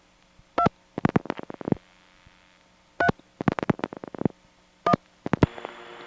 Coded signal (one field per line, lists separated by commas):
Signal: DTMF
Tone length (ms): 80 ms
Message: 2 3 1